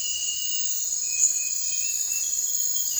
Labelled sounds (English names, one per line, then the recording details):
none
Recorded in dense forest near Puerto Asís, Putumayo, Colombia, on 21 December 2024 at 03:00
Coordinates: 0.468, -76.322
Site G071